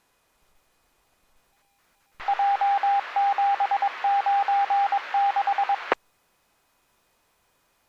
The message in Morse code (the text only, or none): J796